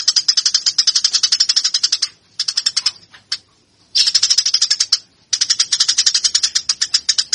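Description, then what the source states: Eurasian tree sparrow giving harsh, rapid chirping chatter in dense bursts, with a broken lull between about two and four seconds and a short pause near five seconds before the chatter resumes. Fighting call of a cage bird, presented as master training audio for caged birds.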